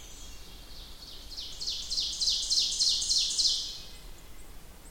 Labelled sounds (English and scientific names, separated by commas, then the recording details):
Ovenbird (Seiurus aurocapilla) song
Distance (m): 30 m
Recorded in boreal forest in Alberta, Canada, on 29 June 2016 at 08:53
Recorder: SongMeter 3, array SBT-6-79
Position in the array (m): 231 m, 19 m
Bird 39